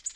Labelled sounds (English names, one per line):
Tennessee Warbler flight call